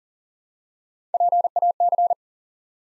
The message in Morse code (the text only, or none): PAC